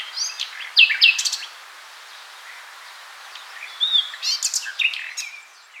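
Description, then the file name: Common nightingale song: two bursts of varied high phrases with sharp whistled notes and rapid buzzy elements, separated by a quiet pause of about two seconds. "Luscinia megarhynchos"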